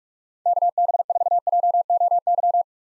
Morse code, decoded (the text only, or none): KB4JOY